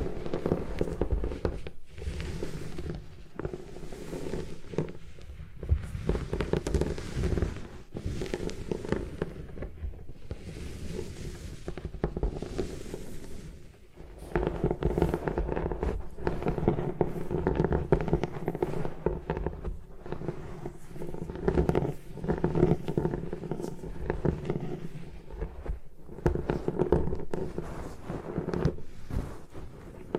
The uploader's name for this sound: Destroy Gym Chalk